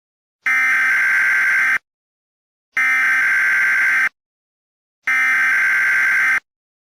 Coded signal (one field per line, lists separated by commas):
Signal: Emergency Alert System (SAME) tones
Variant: header bursts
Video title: EAS Scenario | 1 | “The First to Come”